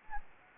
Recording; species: mosquito wingbeat signal from an infrared sensor; Anopheles gambiae